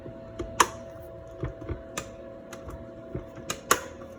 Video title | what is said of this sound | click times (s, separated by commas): Hojocojo Vacuum Sealer Review - Superior Food Sealer with Cutter, 4 in 1 Compact Sealer Machine | it's clicked into spot, these will stick out, these little buttons on the side. | 0.6 s, 3.7 s